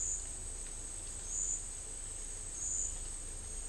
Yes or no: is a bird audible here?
no